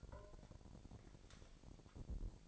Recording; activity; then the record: daily activity, microphone in the room; take from stove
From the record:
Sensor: 5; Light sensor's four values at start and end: 47/104/45/48 and 47/107/45/47